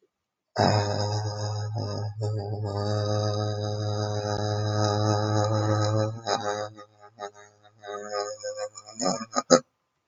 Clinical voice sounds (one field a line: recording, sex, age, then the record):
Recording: vowel held as long as possible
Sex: male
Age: 20 to 29 years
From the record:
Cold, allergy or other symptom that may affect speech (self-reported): no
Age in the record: 26 years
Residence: Maryland, United States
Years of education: 19